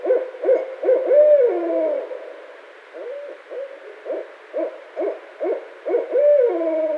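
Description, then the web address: Barred owl calling with a burst of hoots ending in a long sliding, downward note, followed by a steady series of short hoots and another drawn-out hoot. Recorded 16 February 2012. "Barred Owl 2012 02 16"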